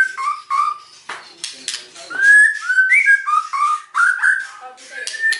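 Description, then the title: White-rumped shama singing loud, clear whistled notes that rise and fall, mixed with harsh clicks and scratchy bursts. Lure song (pancingan) of a very vocal white-rumped shama, meant to provoke an immediate response. "PANCINGAN MEWAH MURAI BATU GACORSEKALI DENGAR AMPUH LANGSUNG RESPON"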